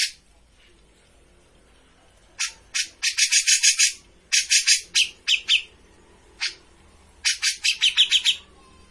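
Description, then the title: Grey-cheeked bulbul singing in bursts of harsh, chattering notes, loud runs of rapid repeated phrases separated by short pauses. Bird-training master of a bird in full, energetic song (gacor). "Cucak Jenggot Gacor. Masteran burung cucak jenggot ! Suaka burung"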